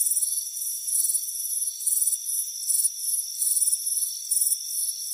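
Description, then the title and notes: Crickets giving quick pulsed chirps, bursts coming under a second apart over a constant high ringing hum. Warm afternoon, front porch. "Soothing Crickets Chirping Sound. It's a warm afternoon as you relax in a hammock on the front porch. Deep Sleep Sounds"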